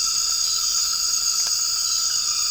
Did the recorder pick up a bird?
no